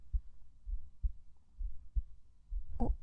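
Soft, low, regular thumps at about 65 a minute: a normal adult woman's heartbeat, picked up with a microphone on her chest, with a brief rustle near the end.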